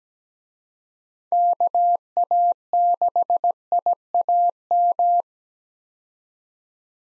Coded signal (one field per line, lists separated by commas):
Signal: Morse code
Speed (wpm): 17 wpm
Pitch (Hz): 700 Hz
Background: none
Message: KA6IAM